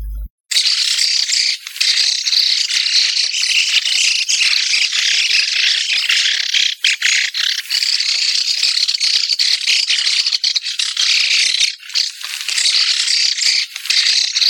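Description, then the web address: White-cheeked starlings chattering, a continuous harsh, squeaky chorus of overlapping calls with brief dips throughout. "sikioto. mukudori"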